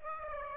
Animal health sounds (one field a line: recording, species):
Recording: mosquito wingbeat signal from an infrared sensor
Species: Aedes aegypti